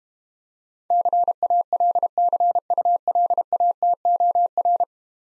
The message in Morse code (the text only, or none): CALCULATOR